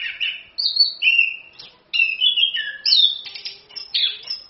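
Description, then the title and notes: Orange-headed thrush delivering fast, varied song: clear whistles mixed with short scratchy notes, in bursts separated by tiny gaps. Used as a lure and tutor to prompt thrushes to sing; song described as gacor (vigorous) and ngerol (continuous rolling). "ANIS KEMBANG GACOR, ANIS KEMBANG NGEROL, PANCINGAN ANIS KEMBANG BIAR BUNYI. Masteran Anis Kembang"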